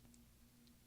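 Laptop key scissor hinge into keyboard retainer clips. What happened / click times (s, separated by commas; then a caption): Handled, not yet home: the key hinge has not clicked in / none. A finger presses the plastic Type J scissor hinge of the right Option key toward the metal retainer hooks on an Early 2011 13-inch MacBook Pro 2.3 GHz Core i5 MC700 keyboard. Only a low steady hum and two faint ticks, near 0.1 s and 0.7 s, are heard. The hinge has not yet seated or clicked in.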